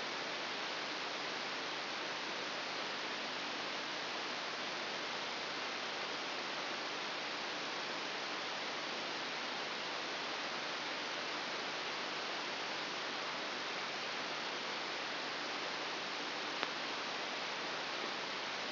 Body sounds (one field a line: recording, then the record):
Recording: brain microelectrode recording played as sound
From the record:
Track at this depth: inside the subthalamic nucleus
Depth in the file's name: 0.609 mm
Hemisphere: right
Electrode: 3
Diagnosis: Parkinson's disease